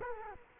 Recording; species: mosquito wingbeat signal from an infrared sensor; Culex quinquefasciatus